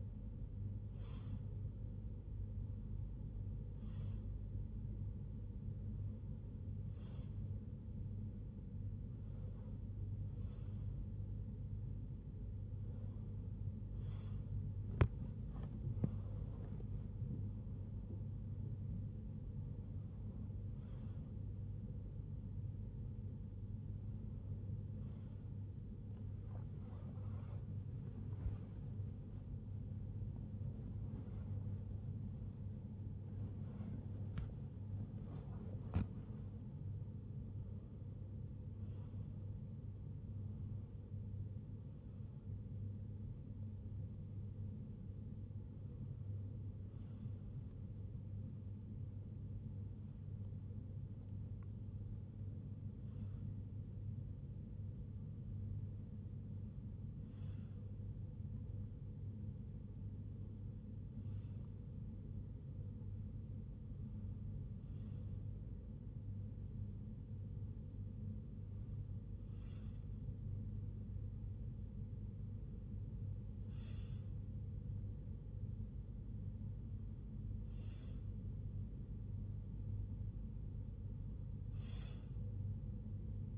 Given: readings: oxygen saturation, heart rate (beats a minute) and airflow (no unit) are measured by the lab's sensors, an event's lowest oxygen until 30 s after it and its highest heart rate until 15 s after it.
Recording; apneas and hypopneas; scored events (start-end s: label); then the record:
breathing in sleep by a smartphone at the bedside; none
23.00-83.58 s: new sleep stage, N1 (lightest sleep)
From the record:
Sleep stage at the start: REM sleep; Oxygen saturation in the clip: 96 to 98%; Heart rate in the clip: 55 to 83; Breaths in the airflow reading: 22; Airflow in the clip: -7.0 to 7.9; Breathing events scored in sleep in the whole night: 51 in 8.9 hours asleep